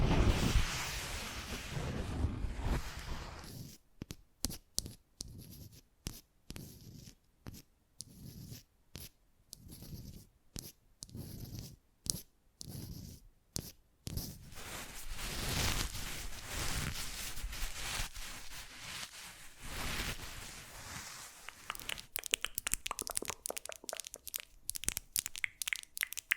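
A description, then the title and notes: Quick, shifting triggers: a dense rushing sound opens, then from about four to fourteen seconds come short bright bursts chopped by sudden silences. A steadier hiss returns, and rapid clicky taps speed up near the end. ASMR Fast Changing Unpredictable Triggers (No Talking).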